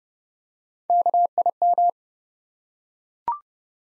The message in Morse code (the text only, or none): KIM